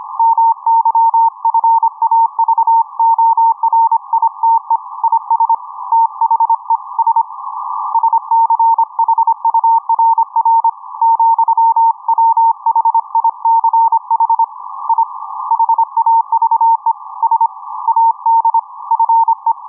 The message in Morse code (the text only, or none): MY FAVORITE IS THE SSCHURR, WHICH I HAVE SAD FE